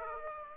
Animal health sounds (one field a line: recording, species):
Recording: mosquito wingbeat signal from an infrared sensor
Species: Aedes aegypti